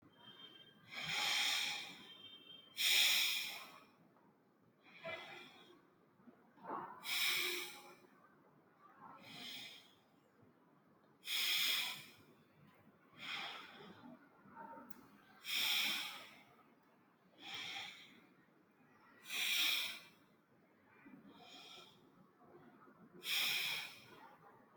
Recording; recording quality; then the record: deep breathing; excellent, no background noise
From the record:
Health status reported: recovered from COVID-19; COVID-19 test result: positive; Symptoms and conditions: none ticked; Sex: male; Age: 22 years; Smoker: not ticked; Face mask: not worn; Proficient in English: yes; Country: India